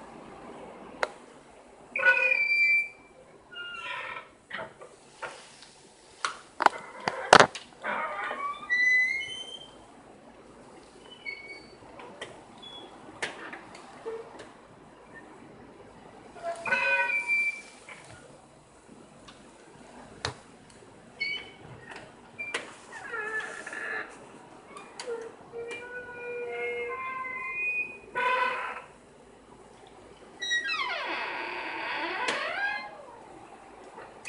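A door is worked open, its hinges letting out short, high squeaks and creaks in irregular bursts throughout. Sharp knocks land near seven and seventeen seconds, and a longer wavering squeal drags out around the thirty-second mark.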